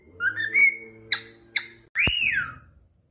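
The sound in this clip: Cockatiel whistling: a wavering tonal whistle, two sharp clicks, then one loud whistle that rises and falls.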